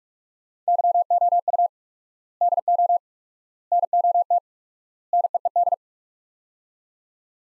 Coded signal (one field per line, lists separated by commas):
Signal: Morse code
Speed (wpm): 46 wpm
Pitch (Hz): 700 Hz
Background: none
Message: YOU DO NOT NEED